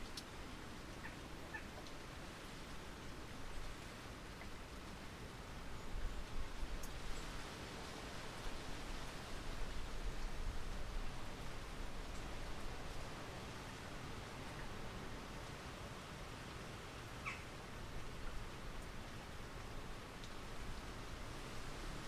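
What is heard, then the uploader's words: Wind rustles steadily through trees, a dense, even hiss spread from low to bright with a soft swell around seven to thirteen seconds. Faint, scattered clicks and small knocks surface now and then, like muted household sounds behind the wind. Wind in the Orchard. It's the evening and we’ve come out to sit on the bench in the Orchard. The wind is rustling through the trees and we can hear the muted sounds from the farmhouse nearby; people milling about in the kitchen, getting dinner ready, tidying up from the day.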